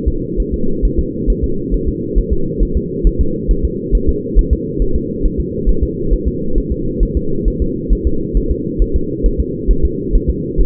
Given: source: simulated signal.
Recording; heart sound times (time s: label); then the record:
fetal heart sounds
0.08 s: S2
0.40 s: S1
0.54 s: S2
0.85 s: S1
0.99 s: S2
1.30 s: S1
1.44 s: S2
1.74 s: S1
1.88 s: S2
2.19 s: S1
2.33 s: S2
2.63 s: S1
2.77 s: S2
3.07 s: S1
3.21 s: S2
3.51 s: S1
3.65 s: S2
3.95 s: S1
4.09 s: S2
4.39 s: S1
4.53 s: S2
4.82 s: S1
4.96 s: S2
5.25 s: S1
5.40 s: S2
5.69 s: S1
5.83 s: S2
6.13 s: S1
6.28 s: S2
6.58 s: S1
6.72 s: S2
7.03 s: S1
7.17 s: S2
7.48 s: S1
7.62 s: S2
7.93 s: S1
8.07 s: S2
8.37 s: S1
8.51 s: S2
8.82 s: S1
8.96 s: S2
9.26 s: S1
9.40 s: S2
9.71 s: S1
9.85 s: S2
10.16 s: S1
10.30 s: S2
10.60 s: S1
From the record:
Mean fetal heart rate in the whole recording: 135 bpm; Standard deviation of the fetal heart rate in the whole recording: 3 bpm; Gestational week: 36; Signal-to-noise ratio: -8.1 dB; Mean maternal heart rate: 72 bpm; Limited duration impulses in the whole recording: absent